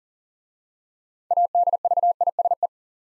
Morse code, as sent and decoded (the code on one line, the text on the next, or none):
.- -.. ...- .. ... .
ADVISE